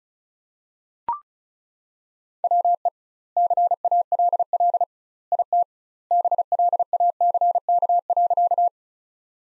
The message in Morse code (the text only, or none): WE CALL IT BLACK.